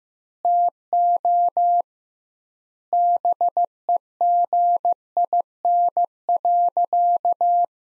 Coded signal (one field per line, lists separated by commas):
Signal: Morse code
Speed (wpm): 15 wpm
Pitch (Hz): 700 Hz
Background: none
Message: TO BEGIN.